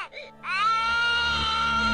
The baby's crying.